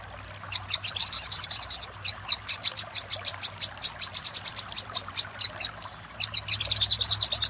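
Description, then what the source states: Little spiderhunter song, a sustained rapid series of high sharp chips, with a short pause near the end. Master recording used for training cage birds.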